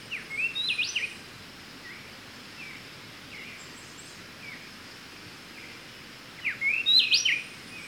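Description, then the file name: Speckle-breasted Wren singing two loud whistled phrases about six seconds apart, with soft chirps in between and steady background hiss. "Pheugopedius sclateri - Speckle-breasted Wren"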